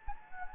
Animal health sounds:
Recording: mosquito wingbeat signal from an infrared sensor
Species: Anopheles gambiae

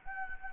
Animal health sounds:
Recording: mosquito wingbeat signal from an infrared sensor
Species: Anopheles gambiae

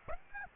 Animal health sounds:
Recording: mosquito wingbeat signal from an infrared sensor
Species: Aedes aegypti

